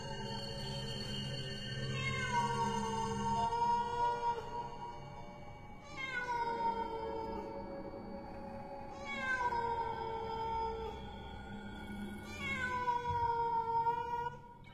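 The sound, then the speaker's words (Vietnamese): A cat meows mournfully at night in four long, drawn-out wails, each sliding down in pitch with a harmonic, crying tone, over a low steady background hum. “chỉ để lại trong màn đêm tiếng khóc thút thít của linh hồn chị Thơ và tiếng con mèo kêu lên”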